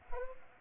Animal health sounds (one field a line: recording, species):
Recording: mosquito wingbeat signal from an infrared sensor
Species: Culex pipiens